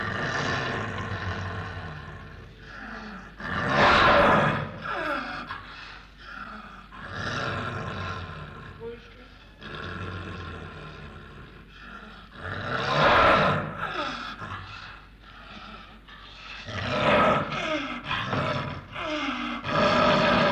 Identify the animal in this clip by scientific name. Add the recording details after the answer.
Uncia uncia. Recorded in captivity. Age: adult. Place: Tierpark Berlin, Berlin, DE. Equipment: Englisches Reportergerät. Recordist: Altmann, Dagmar. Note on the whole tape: Abwehrlaute (Februar 1962)